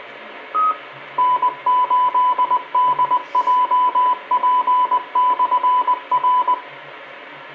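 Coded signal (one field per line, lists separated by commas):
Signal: Morse code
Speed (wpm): 20 wpm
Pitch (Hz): 1000 Hz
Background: radio noise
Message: N8DJP/R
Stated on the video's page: 70 cm UHF reception on a Comet GP-15 vertical, preamp off.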